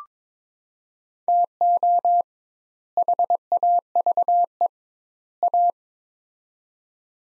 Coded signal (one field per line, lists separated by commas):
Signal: Morse code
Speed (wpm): 22 wpm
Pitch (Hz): 700 Hz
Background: none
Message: TO HAVE A